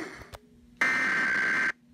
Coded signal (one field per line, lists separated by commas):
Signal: Emergency Alert System (SAME) tones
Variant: header bursts